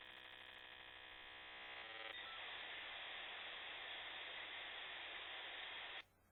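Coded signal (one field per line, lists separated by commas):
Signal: dial-up modem handshake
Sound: buzzy multi-tone chord for two seconds, then loud even hiss cutting off sharply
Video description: The classic sounds of a dial-up internet modem connecting to the internet.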